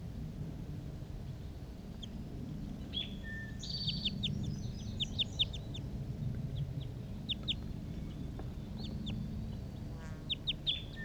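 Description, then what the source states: Crossbill calls: sharp, high kip notes given singly and in short bursts, with a few longer thin whistles and a brief trill near the end, over a steady low rumble. Male in a treetop.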